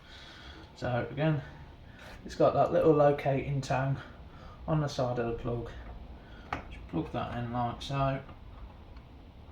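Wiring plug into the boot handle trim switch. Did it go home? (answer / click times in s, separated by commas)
no / none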